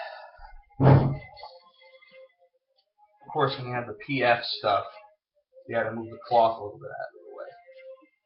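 Someone talks while handling a fabric-clothed action figure, moving the cloth collar aside to push its replacement head onto the neck peg, with a brief thump near 0.9 seconds. The head has not seated on the peg yet.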